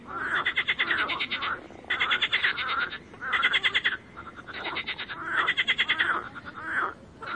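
Loud rattling frog croaks come in dense pulsed bursts, with several frogs calling over one another.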